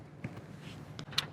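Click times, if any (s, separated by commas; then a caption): 1.0 s, 1.2 s. A plastic center-console trim piece from a 2010–2024 Toyota 4Runner is fitted with its tabs into the slots at the bottom of the cubby. After a faint tap at 0.2 s, sharp plastic clicks sound at 1.0 s and 1.2 s as the tabs lock in and the piece seats.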